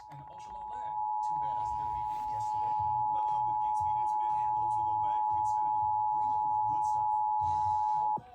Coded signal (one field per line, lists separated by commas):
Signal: Emergency Alert System (SAME) tones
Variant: 853 and 960 Hz attention tone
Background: speech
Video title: EAS Alerts From 2/6/25 (EAS #3560-3566)